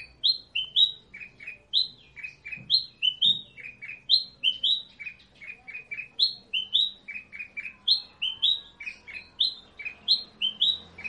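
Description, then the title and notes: Sooty-headed bulbul singing a steady run of lively, repeated chirping phrases over a nearly quiet background. Described as gacor, singing actively and profusely. "kutilang gacor"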